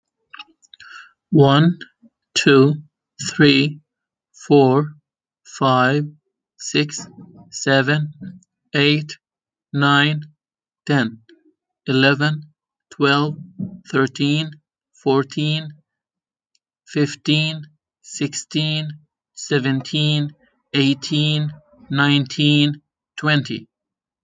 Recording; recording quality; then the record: counting at a normal pace; excellent, no background noise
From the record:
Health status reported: healthy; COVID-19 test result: not tested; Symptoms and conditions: asthma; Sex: male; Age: 34 years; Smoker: not ticked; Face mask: not worn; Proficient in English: yes